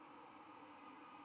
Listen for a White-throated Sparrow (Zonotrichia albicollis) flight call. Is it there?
yes